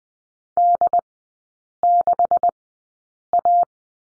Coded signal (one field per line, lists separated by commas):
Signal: Morse code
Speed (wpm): 20 wpm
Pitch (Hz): 700 Hz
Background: none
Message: D6A